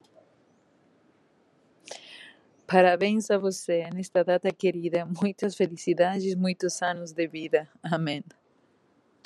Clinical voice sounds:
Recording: short text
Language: Brazilian Portuguese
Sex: female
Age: 50 to 59 years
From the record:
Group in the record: control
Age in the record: 50 years

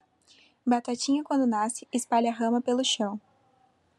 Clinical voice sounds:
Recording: short text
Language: Brazilian Portuguese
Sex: female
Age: 20 to 29 years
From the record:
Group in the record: control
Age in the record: 24 years

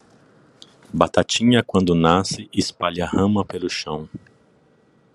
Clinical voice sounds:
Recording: short text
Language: Brazilian Portuguese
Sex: male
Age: 40 to 49 years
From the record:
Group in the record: control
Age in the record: 49 years

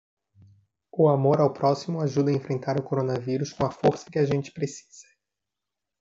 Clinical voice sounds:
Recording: spoken sentence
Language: Brazilian Portuguese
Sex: male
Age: 20 to 29 years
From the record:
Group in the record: control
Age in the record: 21 years

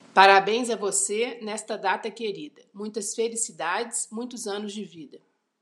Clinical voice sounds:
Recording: short text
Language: Brazilian Portuguese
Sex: female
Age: 50 to 59 years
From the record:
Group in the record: control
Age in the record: 50 years

